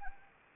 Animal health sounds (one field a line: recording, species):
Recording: mosquito wingbeat signal from an infrared sensor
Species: Anopheles arabiensis